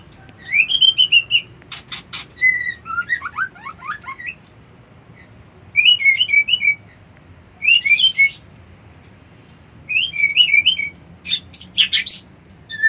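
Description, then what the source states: White-eye singing varied high twittering phrases interspersed with harsh rasping buzzes, repeated in bursts. Song delivered in the style called ngerol ngalas.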